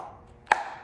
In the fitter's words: There you go, hear it snap.